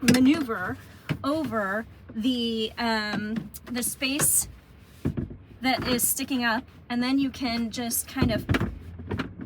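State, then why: Seated. Someone talks while fitting the removable center console tray piece onto its floor mount in a 2025 VW ID.Buzz van, guiding the holes on its underside over the post sticking up from the floor and then pushing it down. A short click at 9.2 s marks the piece popping and locking into place.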